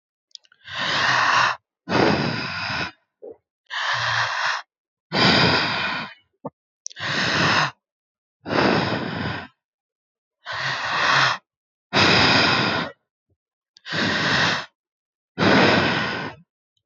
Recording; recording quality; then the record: deep breathing; excellent, no background noise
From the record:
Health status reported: healthy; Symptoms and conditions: none ticked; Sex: male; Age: 27 years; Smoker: yes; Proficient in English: yes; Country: India